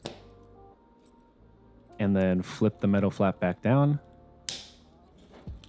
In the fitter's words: your film into one and make sure it's nice and snug you'll probably hear some kind of click